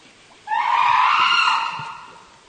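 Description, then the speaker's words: South American fur seal giving a single drawn-out, bleating call with a harsh, harmonic tone that holds steady for about a second and then fades. Played on radio; the species can be seen at a zoo in Bristol. "for the curious, that was the sound of a South American fur seal, one of the many animals you can see at Bristol Zoo."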